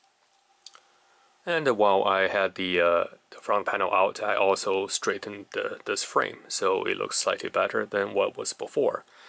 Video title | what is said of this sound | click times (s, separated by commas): Teardown and Repair of a Marconi 2305 Modulation Meter | printed a cap here so this cap actually snaps right in place like | 0.7 s